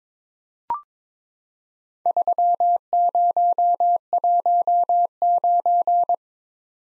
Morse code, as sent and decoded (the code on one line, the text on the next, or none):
...-- ----- .---- ----.
3019